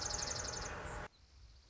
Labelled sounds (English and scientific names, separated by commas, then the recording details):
Dark-eyed Junco (Junco hyemalis)
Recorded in Sonoma County, California